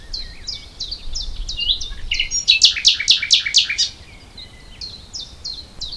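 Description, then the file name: Common nightingale song: a run of evenly repeated sharp chips, a sudden loud series of throbbing pulsed notes, then quieter chips resuming. "Luscinia megarhynchos"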